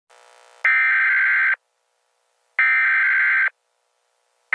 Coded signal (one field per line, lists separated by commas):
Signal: Emergency Alert System (SAME) tones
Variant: header bursts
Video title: National ban of TikTok EAS scenario